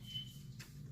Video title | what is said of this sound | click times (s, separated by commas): How to change drive belt Honda Accord 03-07 serpentine belt replacement | so our wrench locks into place relieving the tension now the tension is loose | 0.6 s